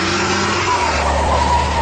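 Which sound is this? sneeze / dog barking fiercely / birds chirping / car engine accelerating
car engine accelerating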